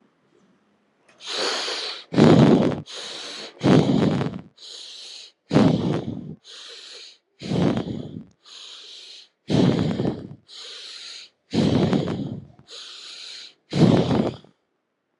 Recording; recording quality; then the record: shallow breathing; excellent, no background noise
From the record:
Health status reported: healthy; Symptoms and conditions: cough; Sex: male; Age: 40 years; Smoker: not ticked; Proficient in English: yes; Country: India